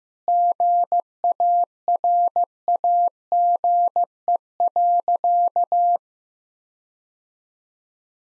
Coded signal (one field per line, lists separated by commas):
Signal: Morse code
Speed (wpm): 15 wpm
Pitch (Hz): 700 Hz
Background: none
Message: GARAGE.